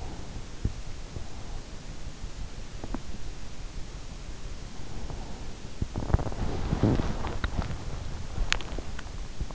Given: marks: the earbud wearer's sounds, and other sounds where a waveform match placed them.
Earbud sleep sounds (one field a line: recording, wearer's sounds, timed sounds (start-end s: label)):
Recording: sounds in sleep by an in-ear microphone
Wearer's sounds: teeth grinding, breath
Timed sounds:
0.48-1.34 s: teeth grinding
2.42-3.11 s: teeth grinding
4.31-5.51 s: breath
6.00-9.28 s: teeth grinding